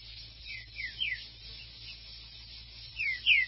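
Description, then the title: Green-winged saltator song: a few fairly soft downslurred whistles early on, then a pause, then two stronger falling whistles at the end. "Trinca Ferro"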